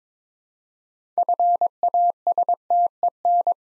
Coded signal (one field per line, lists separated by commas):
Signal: Morse code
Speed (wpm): 22 wpm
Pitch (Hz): 700 Hz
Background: none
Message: FASTEN